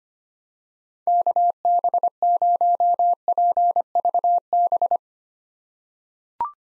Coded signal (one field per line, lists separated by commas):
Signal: Morse code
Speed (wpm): 25 wpm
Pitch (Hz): 700 Hz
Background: none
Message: KB0PVB